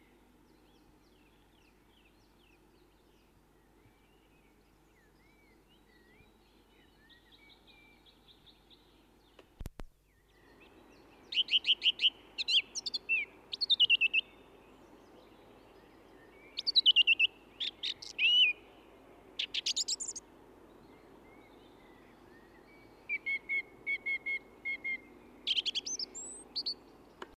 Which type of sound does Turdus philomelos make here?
song